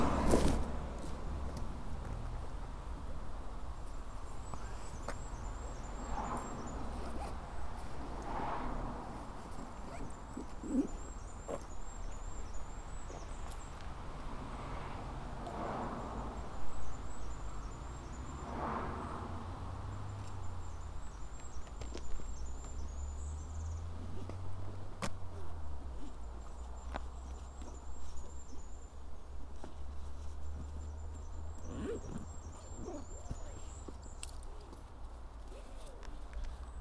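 Outdoor sound on a walk along the East Devon Way, with a steady low rumble underneath that swells between about 19 and 26 seconds. A high, rapid trilling bird call repeats every five seconds or so, while soft scuffs and rustles come and go.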